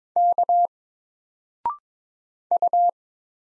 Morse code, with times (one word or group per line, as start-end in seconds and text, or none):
0.2-0.7 K
2.5-2.9 U